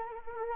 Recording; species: mosquito wingbeat signal from an infrared sensor; Anopheles arabiensis